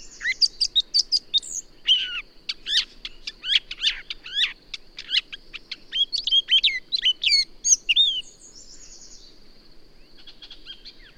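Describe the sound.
Bird song: rapid bursts of sharp, high chirps and downslurred notes for about eight seconds, over a steady high whine.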